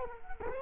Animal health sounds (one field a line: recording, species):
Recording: mosquito wingbeat signal from an infrared sensor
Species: Culex quinquefasciatus